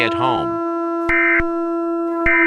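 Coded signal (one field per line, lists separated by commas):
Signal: Emergency Alert System (SAME) tones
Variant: end-of-message bursts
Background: speech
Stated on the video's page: Simulated EAS scenario.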